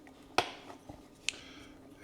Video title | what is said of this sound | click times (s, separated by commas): Replace Your LED Refrigerator Light in 30 Min. | And just pops right into place. | 0.4 s, 1.3 s